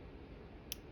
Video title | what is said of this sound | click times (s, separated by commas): Parker 180 Flighter Fountain Pen | that click sound I don't know if you could hear that it's very very soft | 0.7 s